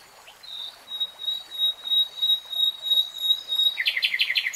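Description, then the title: Nightingale song: a long series of pure repeated whistled notes, ending in a fast rattling trill. Singing, from a three-hour real-time recording. "[Tiếng chim hót] Nightingale Singing"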